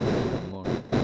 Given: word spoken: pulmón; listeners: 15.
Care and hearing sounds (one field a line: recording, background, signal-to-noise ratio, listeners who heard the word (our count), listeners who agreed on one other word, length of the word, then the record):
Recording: one Spanish word in noise, from a listening test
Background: noise modulated by one talker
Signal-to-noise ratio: -7.8 dB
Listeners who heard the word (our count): 0 of 15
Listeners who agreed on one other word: 6 of 15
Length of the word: 0.64 s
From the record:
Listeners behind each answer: 6, 1, 1, 1, 1, 1, 1, 1, 1, 1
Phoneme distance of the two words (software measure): 34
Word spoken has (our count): 2 syllables, 6 phonemes, stress on syllable 2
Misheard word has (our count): 2 syllables, 4 phonemes, stress on syllable 2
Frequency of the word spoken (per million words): 8.01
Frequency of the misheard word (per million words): 207.72